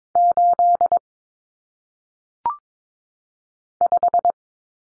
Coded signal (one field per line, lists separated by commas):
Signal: Morse code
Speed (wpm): 22 wpm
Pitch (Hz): 700 Hz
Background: none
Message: 8 5